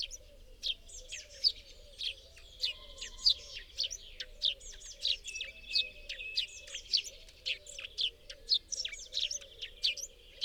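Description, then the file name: Eurasian blue tit giving rapid, high, scratchy chirps and twittering notes in quick irregular bursts over a low steady hum. "Cyanistes caeruleus"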